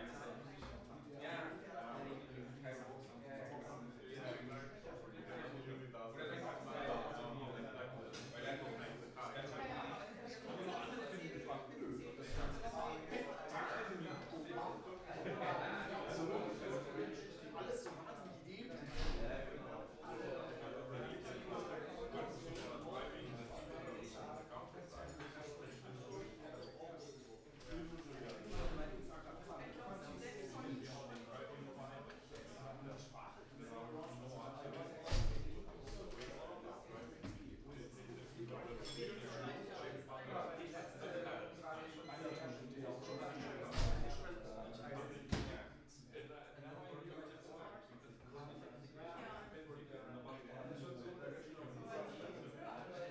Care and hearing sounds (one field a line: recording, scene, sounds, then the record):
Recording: everyday scene through a hearing-aid microphone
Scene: many people talking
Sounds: many voices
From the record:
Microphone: behind the ear, right, front